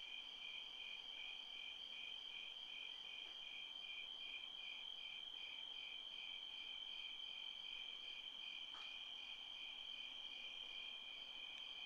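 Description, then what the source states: Cricket chirping: a steady, high, pulsed trill that keeps going throughout, with a soft background hiss. Recorded by a creek.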